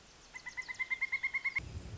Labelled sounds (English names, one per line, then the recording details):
Pileated Woodpecker
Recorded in Sonoma County, California